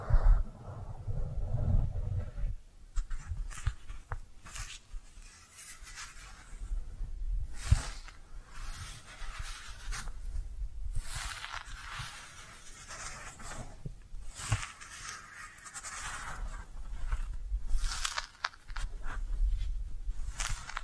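Soft brushing strokes with squishy, wet-sounding textures come in short repeated bursts, several each second. The first couple of seconds carry a low rumbling thump before the brushing takes over. The sound stays fairly even and quiet throughout, with small swells and pauses between strokes.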